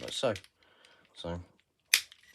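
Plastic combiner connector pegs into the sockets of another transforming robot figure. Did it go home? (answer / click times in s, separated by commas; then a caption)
yes / 1.9 s. Someone talks while two plastic connector pegs on a 1992 Transformers G1 Rescue Force figure are pushed into the sockets of another transforming robot figure to combine them. A sharp, bright click sounds at 1.9 s as the connectors seat into place.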